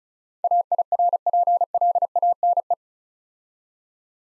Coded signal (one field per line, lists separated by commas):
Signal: Morse code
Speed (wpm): 37 wpm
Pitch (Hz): 700 Hz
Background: none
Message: AIRPLANE